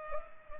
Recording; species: mosquito wingbeat signal from an infrared sensor; Culex pipiens